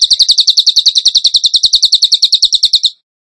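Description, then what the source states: Bird song: one long, steady trill of sharp high chirps, ending abruptly into silence. Masteran training recording for songbirds, tembakan gacor song style.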